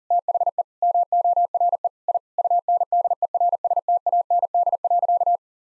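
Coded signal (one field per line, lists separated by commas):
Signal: Morse code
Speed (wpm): 37 wpm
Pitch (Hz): 700 Hz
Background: none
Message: THE MORE I UNDERSTAND.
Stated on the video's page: Morse practice at 40 wpm: sentences built from common nine-word phrases, each sent in Morse, spoken, then sent again.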